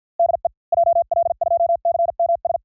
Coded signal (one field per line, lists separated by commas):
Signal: Morse code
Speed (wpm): 53 wpm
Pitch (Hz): 690 Hz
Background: none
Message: DE JL2CMS